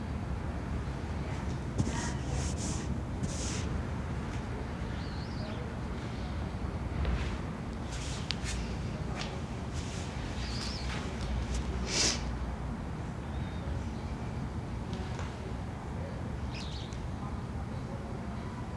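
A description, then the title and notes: Inside a gym, a low, steady rumble of room noise and machinery fills the space with slight movement throughout. Brief bright clinks, scrapes and voices come and go every second or two, with a sharper metallic knock near the twelve-second mark. RT Slight Motion, Gym by Bandeto. Int. RT Slight Motion, Gym.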